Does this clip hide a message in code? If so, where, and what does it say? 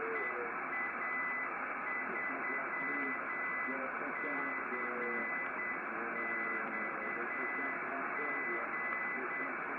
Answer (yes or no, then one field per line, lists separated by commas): yes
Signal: Morse code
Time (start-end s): 0.2-9.5 s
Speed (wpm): 8 wpm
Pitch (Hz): 2000 Hz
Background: speech, radio noise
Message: EA3CXG